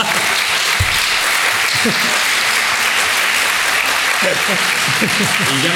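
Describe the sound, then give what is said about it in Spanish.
An audience applauds steadily at a presentation of Jesús Callejo, a dense, continuous wash of clapping that stays loud from start to finish, with faint voices murmuring underneath. “Bueno, la verdad es que esta presentación la debería reducir a dos palabras, para que luego hubiera un aplauso directamente, ¿no?”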